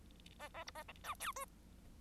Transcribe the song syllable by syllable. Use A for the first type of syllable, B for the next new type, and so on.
A A B A A C D E